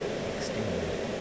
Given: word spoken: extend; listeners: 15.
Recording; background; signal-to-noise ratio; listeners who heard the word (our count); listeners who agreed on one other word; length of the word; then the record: one English word in noise, from a listening test; speech-shaped noise; -6.1 dB; 1 of 15; 11 of 15; 0.81 s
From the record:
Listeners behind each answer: 11, 2, 1, 1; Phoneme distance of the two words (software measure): 44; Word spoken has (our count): 2 syllables, 7 phonemes, stress on syllable 2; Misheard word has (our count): 3 syllables, 9 phonemes, stress on syllable 2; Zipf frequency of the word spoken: 4.16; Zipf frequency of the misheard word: 2.76